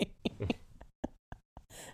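A young child coughs over a baby monitor in a string of short, sharp bursts, about six or seven in under two seconds, with brief quiet gaps between them. It is a plain cough during an illness that has the whole household sick again, faint and slightly distorted through the monitor.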